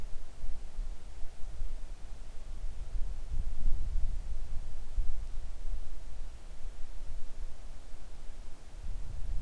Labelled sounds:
wind
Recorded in the Arctic National Wildlife Refuge, Alaska, on 3 August 2019 at 10:26
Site 41

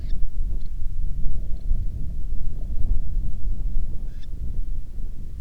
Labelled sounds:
bird, wind
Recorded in the Prudhoe Bay oil fields, Alaska, on 10 July 2019 at 09:47
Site 11

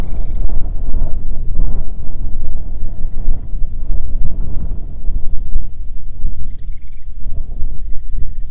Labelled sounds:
bird, wind
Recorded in the Arctic National Wildlife Refuge, Alaska, on 9 July 2019 at 21:41
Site 48

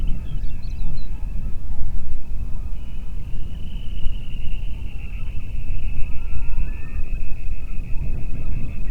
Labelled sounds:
songbird, waterfowl, loon, wind
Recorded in the Prudhoe Bay oil fields, Alaska, on 8 June 2019 at 05:08
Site 30

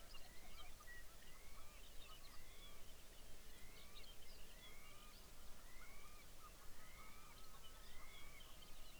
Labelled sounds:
songbird
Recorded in the Arctic National Wildlife Refuge, Alaska, on 23 May 2019 at 05:54
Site 49

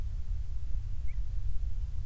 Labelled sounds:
near silence
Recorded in the Prudhoe Bay oil fields, Alaska, on 28 July 2019 at 06:22
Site 25

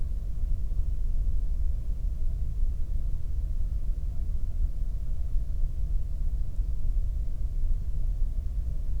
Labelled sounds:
near silence
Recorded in the Prudhoe Bay oil fields, Alaska, on 22 May 2019 at 00:40
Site 19

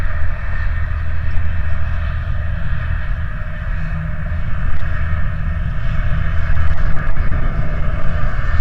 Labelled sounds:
machinery, flare stack
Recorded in the Prudhoe Bay oil fields, Alaska, on 19 July 2019 at 04:21
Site 29

